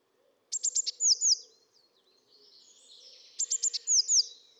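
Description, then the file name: Eurasian blue tit calling twice: each call four fast high clicks and two bright falling slurs, with faint twittering between. "Cyanistes caeruleus"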